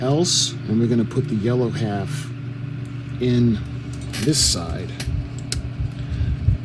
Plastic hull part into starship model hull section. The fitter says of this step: but it's see this just doesn't lock into place it's like it doesn't want to be there